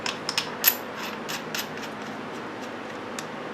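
During reassembly, the metal barrel lock is pushed in on the reinstalled Uzi Pro barrel in the receiver. It ratchets and clicks home with sharp clicks at 0.1, 0.3, 0.4 and 0.7 seconds, followed by faint rubbing and a light tick near 3.2 seconds. The barrel lock is seated.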